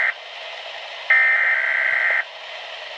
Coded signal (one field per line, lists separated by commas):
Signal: Emergency Alert System (SAME) tones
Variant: header bursts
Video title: Weatheradio Canada - Snow Squall Warning (EAS #107-108) 21/